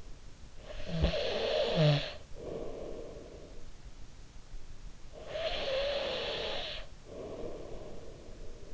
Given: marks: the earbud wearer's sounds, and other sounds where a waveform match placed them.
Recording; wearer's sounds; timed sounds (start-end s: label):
sounds in sleep by an in-ear microphone; snoring breath
0.46-4.23 s: snoring breath
4.52-8.74 s: snoring breath